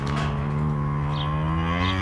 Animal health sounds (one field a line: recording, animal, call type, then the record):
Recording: contact call of a hoofed animal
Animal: cattle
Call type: low-frequency (closed-mouth) or high-frequency (open-mouth) call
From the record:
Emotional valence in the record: negative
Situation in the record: full separation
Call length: 2.1 s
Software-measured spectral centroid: 1830 Hz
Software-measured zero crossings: 1020 a second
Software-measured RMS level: -24 dBFS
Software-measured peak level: -11 dBFS